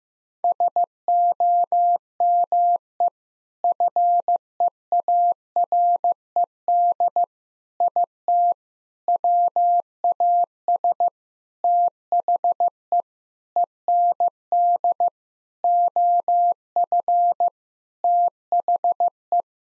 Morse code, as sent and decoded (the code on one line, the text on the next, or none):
... --- -- . / ..-. . .- .-. . -.. / .. - / .-- .- ... / - .... . / . -. -.. / --- ..-. / - .... .
SOME FEARED IT WAS THE END OF THE